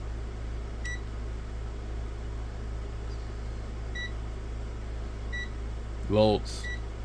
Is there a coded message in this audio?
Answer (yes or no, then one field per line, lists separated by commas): no